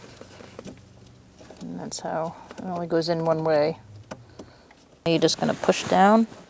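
A fuel pump relay on a 2002-2006 Honda CR-V is handled over its socket in the fuse/relay box, about to be pushed down into place while someone talks. Faint taps sound near 0.6, 1.6, 4.1, 4.4 and 4.7 seconds, but the relay has not seated or clicked into its socket yet.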